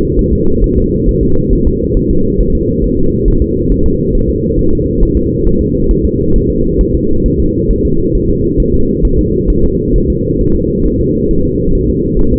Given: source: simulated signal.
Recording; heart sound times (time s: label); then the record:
fetal heart sounds
0.19 s: S1
0.33 s: S2
0.64 s: S1
0.78 s: S2
1.09 s: S1
1.23 s: S2
1.53 s: S1
1.67 s: S2
1.97 s: S1
2.11 s: S2
2.41 s: S1
2.55 s: S2
2.84 s: S1
2.98 s: S2
3.28 s: S1
3.42 s: S2
3.72 s: S1
3.86 s: S2
4.15 s: S1
4.30 s: S2
4.59 s: S1
4.73 s: S2
5.03 s: S1
5.17 s: S2
5.47 s: S1
5.61 s: S2
5.91 s: S1
6.05 s: S2
6.36 s: S1
6.50 s: S2
6.81 s: S1
6.95 s: S2
7.26 s: S1
7.40 s: S2
7.71 s: S1
7.85 s: S2
8.15 s: S1
8.30 s: S2
8.60 s: S1
8.74 s: S2
9.05 s: S1
9.19 s: S2
9.50 s: S1
9.64 s: S2
9.96 s: S1
10.10 s: S2
10.41 s: S1
10.56 s: S2
10.86 s: S1
11.01 s: S2
11.31 s: S1
11.45 s: S2
11.75 s: S1
11.90 s: S2
12.19 s: S1
12.33 s: S2
From the record:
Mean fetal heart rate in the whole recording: 135 bpm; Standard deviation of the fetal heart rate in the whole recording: 3 bpm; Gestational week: 36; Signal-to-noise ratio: -16.4 dB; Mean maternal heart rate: 72 bpm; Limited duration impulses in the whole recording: present